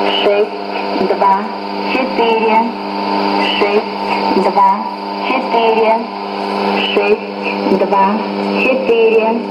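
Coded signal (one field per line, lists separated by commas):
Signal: numbers station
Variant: S06s, Russian female voice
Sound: female voice steadily reading digits, repeating six, two, four, over a radio channel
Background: radio static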